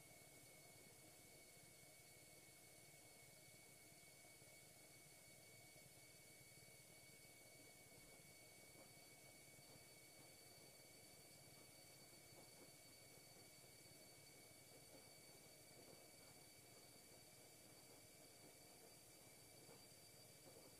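A washing machine runs with a steady, dense whooshing roar that holds level for the whole stretch. Two thin, constant whining tones sit above a low rumbling hum, with faint sloshing flutters in the middle and no clear pauses or separate events.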